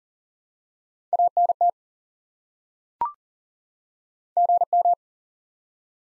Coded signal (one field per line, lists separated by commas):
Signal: Morse code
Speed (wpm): 40 wpm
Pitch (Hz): 700 Hz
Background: none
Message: ANT GM